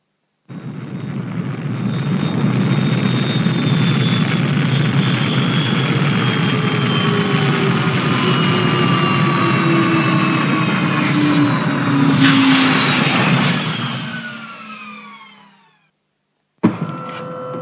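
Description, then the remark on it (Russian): A loud, steady engine drone of an approaching dropship in the sky roars for about fifteen seconds, its whining tones gliding slowly downward in pitch before it fades out, followed by a short abrupt noise. “Как только он это сказал, в небе послышался гул приближающегося Дескава.”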